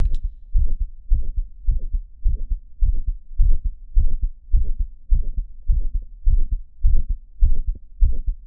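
Regular low heart sounds at about 100 beats a minute, with a short murmur filling the middle of each systole between the heart sounds. This is a mid-systolic murmur in an adult, an atypical auscultatory sign of mitral valve prolapse; the murmur of prolapse, including a musical one, may be mid-systolic as well as late systolic.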